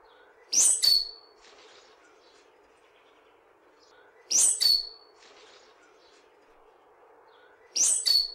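Bird song: short bursts of sharp, very high chirps ending in a thin whistle, repeated about every three and a half seconds over a steady background hum.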